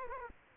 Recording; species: mosquito wingbeat signal from an infrared sensor; Culex quinquefasciatus